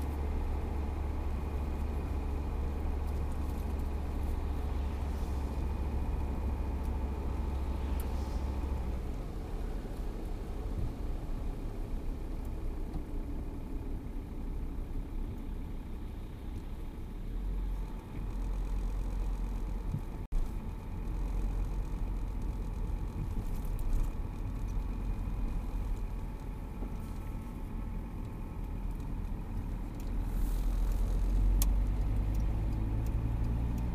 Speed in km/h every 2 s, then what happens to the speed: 52, 52, 52, 50, 49, 47, 39, 29, 25, 23, 23, 22, 22, 21, 19, 20, 26.
0-10 steady at about 50. 10-17 slows to 23. 17-29 steady at about 22. 29-34 speeds up to 26.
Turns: none.